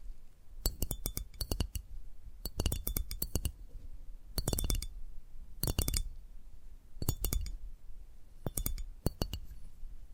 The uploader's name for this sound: Addictive Tapping Triggers